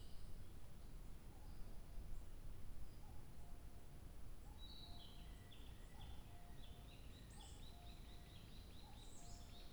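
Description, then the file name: Bird song: quiet low whistles early, then a lively high twittering trill that fills the second half. 2 July 2023. "birdsong 20230702"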